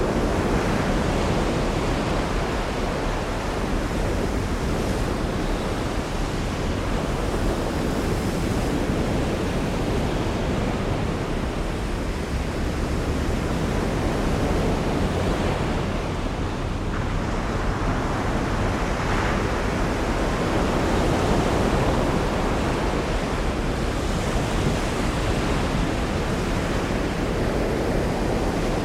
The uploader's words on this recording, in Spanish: Olas Poderosas en la Costa Amalfitana. Sonidos de las poderosas olas registradas durante una tormenta vivificante. La salvaje sinfonía del Mediterráneo en condiciones de tormenta. Las grabaciones se realizaron durante una reciente tormenta en Marina Grande.